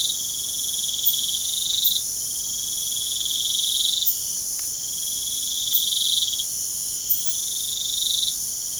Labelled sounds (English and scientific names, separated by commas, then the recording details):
none
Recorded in pastures near Puerto Asís, Putumayo, Colombia, on 27 June 2025 at 02:00
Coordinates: 0.497, -76.327
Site G040